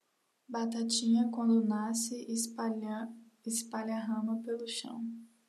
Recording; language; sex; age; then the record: short text; Brazilian Portuguese; female; 18 to 19 years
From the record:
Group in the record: control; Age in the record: 19 years